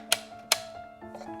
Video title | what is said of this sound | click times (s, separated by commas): UNBOXING & ASSEMBLY: GVM 300W VIDEO LIGHT KIT w/ OCTAGONAL SOFT BOX! | there's a little snap here so if you want to unhook it you hold this snap back | 0.1 s, 0.5 s